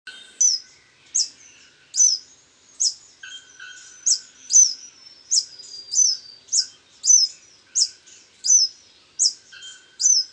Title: LuckyPassaro Completos2Sama. Scale-throated Hermit (Phaethornis eurynome eurynome (ssp asumed from location))